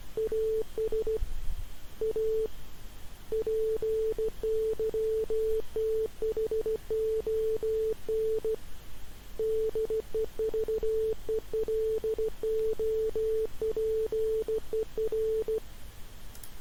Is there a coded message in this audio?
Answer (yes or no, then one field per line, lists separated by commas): yes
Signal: Morse code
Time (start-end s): 0.2-15.6 s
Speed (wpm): 15 wpm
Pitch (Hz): 440 Hz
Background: none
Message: AS A PYTHON DEVELOPER